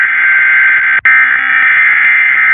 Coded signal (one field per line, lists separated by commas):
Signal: Emergency Alert System (SAME) tones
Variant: end-of-message bursts